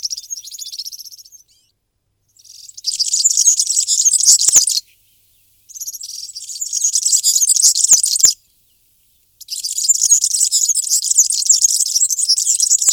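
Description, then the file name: European serin song: long, fast, high-pitched jangling and sizzling trills in several extended bursts separated by short pauses. "girlitz vogelatlas 3"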